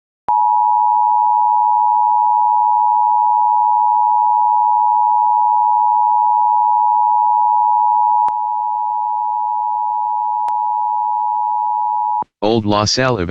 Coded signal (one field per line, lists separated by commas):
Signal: Emergency Alert System (SAME) tones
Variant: 853 and 960 Hz attention tone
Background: speech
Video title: EAS #744 Immediate Evacuation